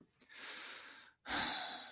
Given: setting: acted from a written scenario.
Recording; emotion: vocal sound without words; anger